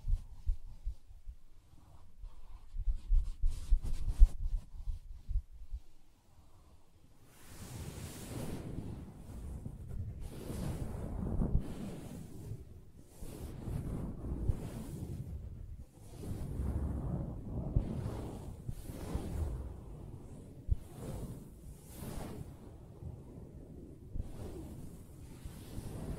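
Soft fabric is tapped and scratched. The first few seconds hold light, scattered taps over a low rumble; then from about seven seconds, steady scratching strokes repeat roughly every second, each a rough, hissing swish, continuing evenly to the end.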